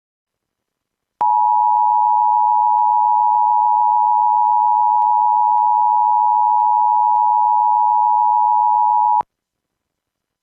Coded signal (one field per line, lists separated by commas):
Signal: Emergency Alert System (SAME) tones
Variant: 853 and 960 Hz attention tone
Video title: Virtual EAS Fire Warning